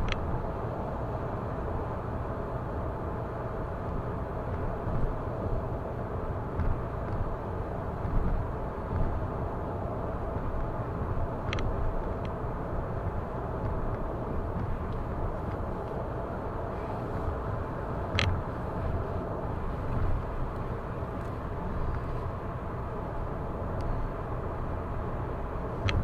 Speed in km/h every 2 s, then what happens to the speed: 107, 107, 107, 106, 106, 106, 106, 106, 106, 106, 106, 106, 106.
0-26 steady at about 106.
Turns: none.